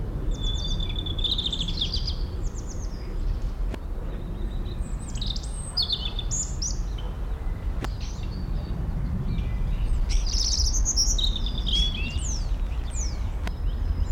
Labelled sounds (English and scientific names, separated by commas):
Great Tit (Parus major) call